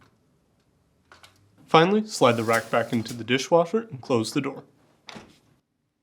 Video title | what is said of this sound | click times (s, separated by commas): How to replace Rack Adjuster Cover part # WPW10250162 on your Whirlpool Dishwasher | press firmly on the bottom of the cover to snap into place | 1.1 s